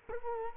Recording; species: mosquito wingbeat signal from an infrared sensor; Culex quinquefasciatus